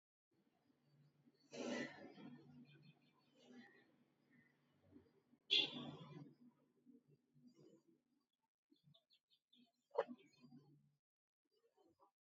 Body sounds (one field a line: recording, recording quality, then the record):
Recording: shallow breathing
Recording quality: poor, much background noise or distortion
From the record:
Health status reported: COVID-19 positive, mild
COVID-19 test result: positive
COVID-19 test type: rapid antigen test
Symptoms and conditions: cough, cold, sore throat, diabetes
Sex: female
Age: 60 years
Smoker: no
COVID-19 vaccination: both doses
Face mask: not worn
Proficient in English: yes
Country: India